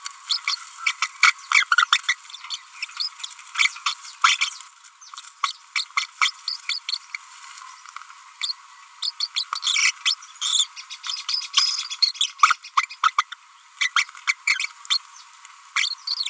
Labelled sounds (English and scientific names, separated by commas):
Green-rumped Parrotlet (Forpus passerinus) babbling